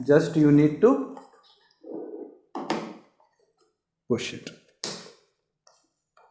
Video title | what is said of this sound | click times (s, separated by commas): Best Vacuum Cleaner in India 2026 Unboxing - American Micronic Wet & Dry Vacuum Cleaner (Full Demo) | को lock हो गया ना इस मशीन इस remedies to use for dry cleaning | 4.8 s